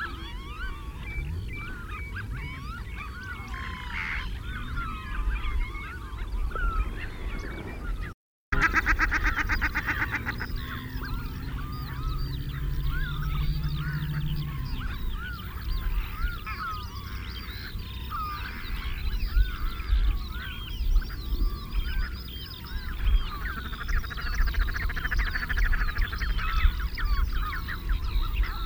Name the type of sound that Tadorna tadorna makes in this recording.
courtship call